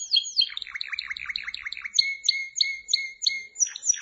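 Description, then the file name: Canary song: a rapid run of descending chirps, then a string of sharp repeated whistled notes with a steady high tone, lively and bright throughout. "Canary Voice"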